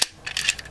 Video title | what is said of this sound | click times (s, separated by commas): Transformers - RID Warrior Class Optimus Prime Review | off fold these up and you would they will peg in your here a nice little click like | 0.0 s